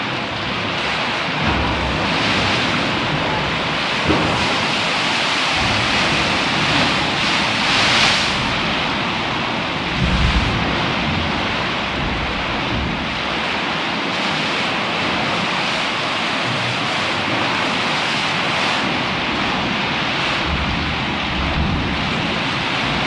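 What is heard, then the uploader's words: Waves churn at Devil's Churn in a dense, unbroken roar that fills everything from deep rumble to bright hiss. The level stays high and steady, with gentle surges around 2, 8 and 10 seconds and again near the end, as water rushes in. Recorded on my cellphone, wish I had a better recording device.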